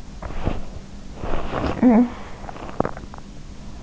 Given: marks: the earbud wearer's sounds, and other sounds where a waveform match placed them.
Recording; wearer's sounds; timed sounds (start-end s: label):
sounds in sleep by an in-ear microphone; body movement, talking in sleep
0.00-1.72 s: body movement
1.72-3.40 s: talking in sleep